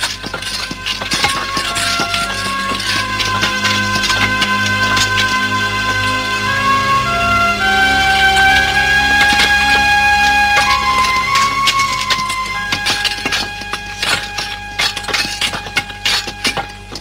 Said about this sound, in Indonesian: Pagi yang bisu itu tiba-tiba saja dipecahkan oleh suara-suara pecahan batu yang beradu dengan alat-alat penggali.